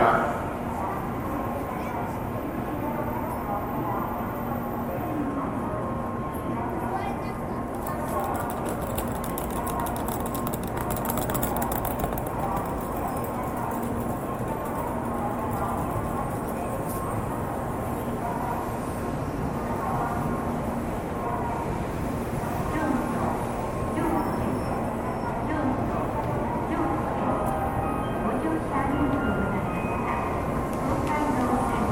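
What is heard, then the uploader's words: A busy Japanese train station hums along steadily, with a dense murmur of people talking over a constant low rumble of trains. A faint steady tone runs throughout, and around seven to twelve seconds brief bright crackles and clatter cut through the crowd noise. TRAIN STATION IN JAPAN AMBIENCE.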